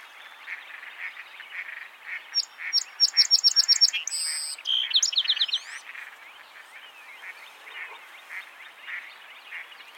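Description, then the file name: Song sparrow song: a quick series of repeated bright notes, then a buzzy note and rapid trills, sung over a steady background of harsh, pulsing noise. "Melospiza melodia - Song Sparrow"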